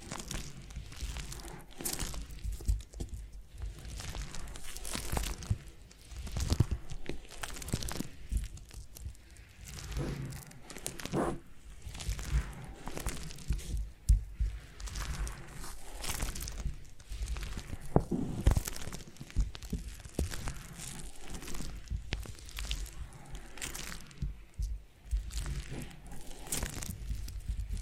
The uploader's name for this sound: Foam Massage